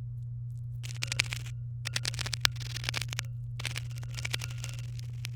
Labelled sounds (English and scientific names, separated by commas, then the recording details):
Domestic Canary (Serinus canaria) song
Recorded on 23 April 2018 at 18:08
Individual llb3